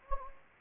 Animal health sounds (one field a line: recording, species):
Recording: mosquito wingbeat signal from an infrared sensor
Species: Anopheles gambiae